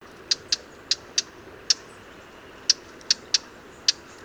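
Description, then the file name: Eurasian blackcap calling with sharp, dry tack notes, nine in quick, uneven succession, sometimes paired, against a quiet hiss. "Sylvia atricapilla"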